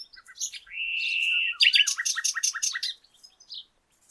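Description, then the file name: Common nightingale song: a long, steady whistle, then a fast, rhythmic burst of repeated, sharp notes, ending in soft scattered chirps. "Luscinia megarhynchos"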